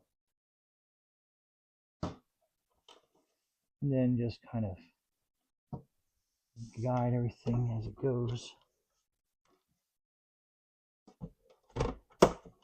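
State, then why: Seated. A wooden panel is guided into its mating slot on the frame of a VEVOR 4-tier kids wooden bookshelf, a six-layer sling bookcase and book toy organizer cabinet, while someone talks. Faint taps and knocks sound around 2.0, 2.9, 5.7, 11.2 and 11.8 s. A sharp, loud snap at 12.2 s marks the panel seating into place.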